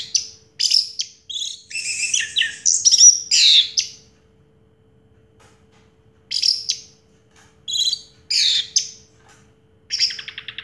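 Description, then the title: Orange-headed thrush song: jumbled, scratchy warbling phrases, a silent gap, then several short bursts ending in a quick rattle. Sound used to prompt a silent orange-headed thrush to sing. "Anis Merah Macet.. Pancing Dengan Suara Ini.. # Anis Merah"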